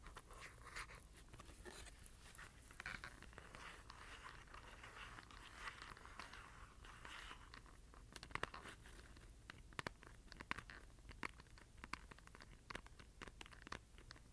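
Scratching and tapping on cardboard, a dense papery rustle filling the first eight seconds. After that the scratching thins and sharp, bright taps take over, landing irregularly every half second or so through the end. A faint low hum sits underneath throughout.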